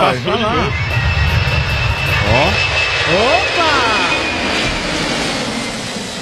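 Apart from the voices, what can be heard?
airplane passing overhead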